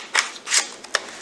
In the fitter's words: now it clicks just right in.